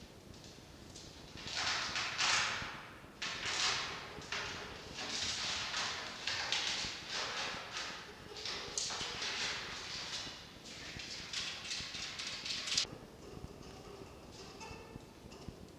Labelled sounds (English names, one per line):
Red Fox